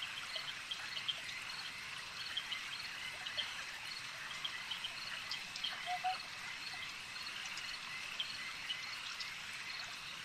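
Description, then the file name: Insects forming a thick, steady high chorus of trilling and chirping, with a few short lower chirps standing out, one more prominent just past the middle. Insect swarm ambience. "Elijah Wagner - Relaxing Insect Swarm Ambience"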